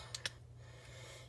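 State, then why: Not seated. A swap head is pressed onto the plastic neck peg of an action figure, producing two sharp plastic knocks at about 0.2 and 0.3 seconds over a low steady hum. The head does not snap on, so nothing has seated or clicked yet.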